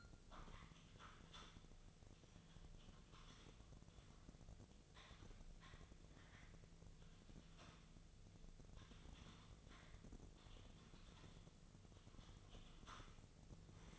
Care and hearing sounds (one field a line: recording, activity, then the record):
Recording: daily activity, microphone in the room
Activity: typing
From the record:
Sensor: 4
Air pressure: 1001.0 hPa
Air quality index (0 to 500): 141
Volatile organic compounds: 2 ppm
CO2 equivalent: 1041 ppm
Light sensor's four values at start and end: 27/65/27/28 and 27/65/27/28